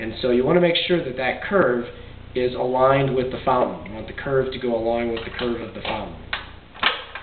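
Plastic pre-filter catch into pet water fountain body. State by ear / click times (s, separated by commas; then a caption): not seated / none. A curved plastic pre-filter catch is lined up with the curve of a Drinkwell Platinum pet water fountain body and pushed on, while someone talks throughout. A couple of short knocks are heard near the end, at about 6.3 s and 7.2 s, but the catch has not snapped into place yet.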